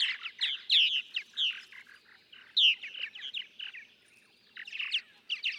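Purple martin chirps and gurgling notes in bursts, with a quieter stretch late before the chatter resumes.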